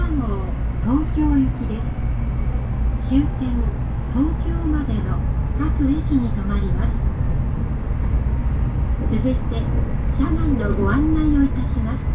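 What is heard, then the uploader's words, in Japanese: Aboard a Tokaido Shinkansen Kodama train running from Hamamatsu toward Shizuoka, a steady low rumble fills the car throughout. Over it, a voice speaks in short phrases, with pauses near the start, around three to seven seconds, and again after nine seconds. 東海道新幹線こだま浜松→静岡。朝一番の浜松始発の新幹線です。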